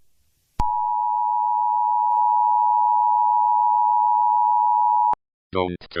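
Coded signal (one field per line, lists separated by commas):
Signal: Emergency Alert System (SAME) tones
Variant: 853 and 960 Hz attention tone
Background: speech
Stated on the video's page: Fictional EAS scenario, not a real alert.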